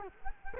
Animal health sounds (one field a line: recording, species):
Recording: mosquito wingbeat signal from an infrared sensor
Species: Culex quinquefasciatus